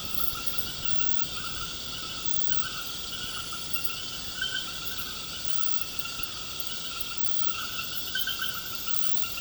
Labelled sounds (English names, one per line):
none